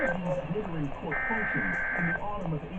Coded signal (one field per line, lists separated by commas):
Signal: Emergency Alert System (SAME) tones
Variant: header bursts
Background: speech